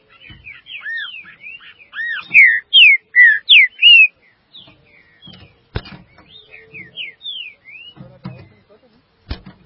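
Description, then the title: Green-winged saltator song: rapid sequences of arched and downslurred whistles, building to loud repeated notes, then softer phrases with scattered sharp clicks and knocks. "Trinca Ferro"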